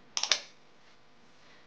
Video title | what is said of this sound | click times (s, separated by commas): Step-by-Step Guide: Applying the Breg Polar Care Cube Regular Knee Pad | when you go to connect it you're going to hear that snap and that means it's secure | 0.2 s, 0.3 s